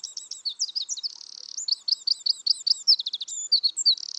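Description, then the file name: Eurasian wren song: shrill rapid notes alternating with buzzy reeling trills, continuous throughout. "Troglodytes troglodytes"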